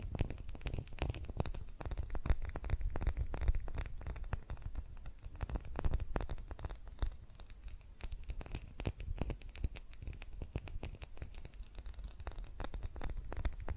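Fast tapping on glass and ceramic objects, a dense run of quick, sharp clicks that rarely pauses across the whole stretch. The taps are bright and crisp over a steady low rumble, with slight swells in loudness but no real change in pace.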